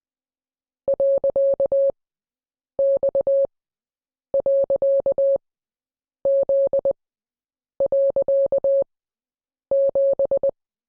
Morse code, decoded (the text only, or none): .X.Z.7